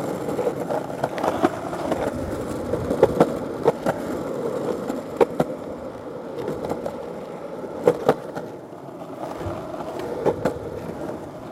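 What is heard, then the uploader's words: A skateboard rolls along with a steady low rumble, broken by sharp clacks over sidewalk cracks, clustered around three, five, and eight seconds. Skateboard through the neighborhood, gliding over sidewalks, down roads, and navigating both smooth pathways and those that are less smooth.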